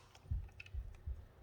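The two plastic halves of a Charmander Pokéball toy are handled and pressed together to lock them shut, giving low muffled thumps near 0.3, 0.8 and 1.1 seconds and small sharp ticks at 0.2, 0.6, 0.7 and 1.0 seconds. The halves have not yet seated or clicked locked when the clip ends.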